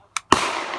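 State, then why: Seated. A Glock 19 pistol with a weapon light is pushed into a minimal kydex holster until the retention engages. A short, sharp click at 0.2 s is followed by a louder snap at 0.3 s, whose bright, broadband sound fades slowly through the end of the clip. The pistol is seated in the holster.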